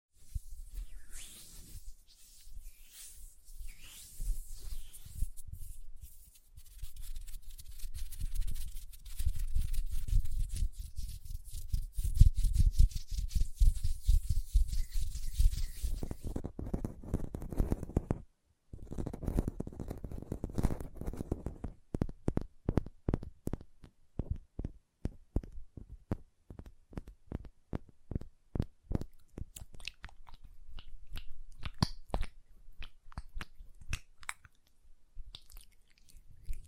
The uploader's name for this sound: Hand Sounds, Nail Tapping and Lotion Sounds